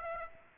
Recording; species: mosquito wingbeat signal from an infrared sensor; Aedes aegypti